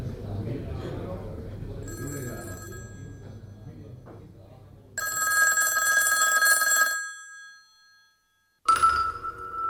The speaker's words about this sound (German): Das Läuten des Telefons. Damit hat es angefangen.